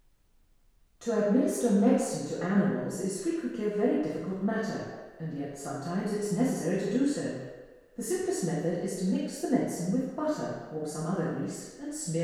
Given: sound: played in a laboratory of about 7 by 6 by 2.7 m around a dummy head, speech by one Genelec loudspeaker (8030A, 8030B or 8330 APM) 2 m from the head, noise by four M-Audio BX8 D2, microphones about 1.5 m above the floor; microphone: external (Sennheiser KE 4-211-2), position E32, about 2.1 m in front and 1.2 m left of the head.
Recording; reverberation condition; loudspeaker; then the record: female speech in English; high; in front (0 degrees)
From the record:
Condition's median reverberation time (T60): about 1300 ms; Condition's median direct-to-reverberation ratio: about -4.0 dB